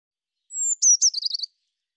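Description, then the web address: Eurasian blue tit call: a thin high whistle sliding down, then two sharp notes and a quick buzzy trill of about five churring notes, on an otherwise silent background. "cianscape birddata Deverinetal 2025 File cleaned normalized Bird Cy Ca"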